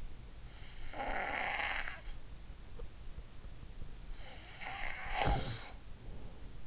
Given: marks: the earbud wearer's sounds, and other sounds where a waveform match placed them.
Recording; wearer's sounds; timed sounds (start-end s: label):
sounds in sleep by an in-ear microphone; snoring breath
0.78-2.35 s: snoring breath
4.14-6.00 s: snoring breath